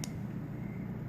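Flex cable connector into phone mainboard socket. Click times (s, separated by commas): 0.0 s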